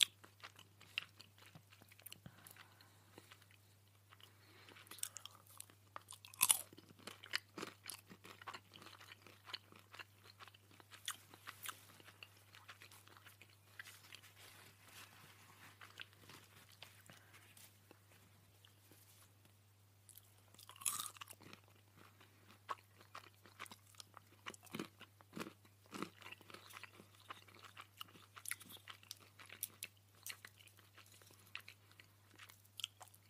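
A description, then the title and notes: A person eating, with dry crunching and chewing clicks coming in quick, irregular bursts throughout. A steady low hum runs underneath, and a few sharper bites stand out near six and twenty-one seconds. A PERSON EATING.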